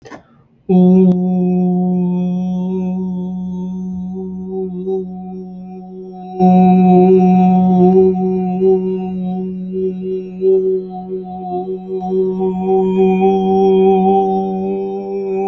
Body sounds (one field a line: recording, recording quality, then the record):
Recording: sustained vowel as in boot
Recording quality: excellent, no background noise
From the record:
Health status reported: healthy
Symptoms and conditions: none ticked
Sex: male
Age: 25 years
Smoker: yes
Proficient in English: yes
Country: Canada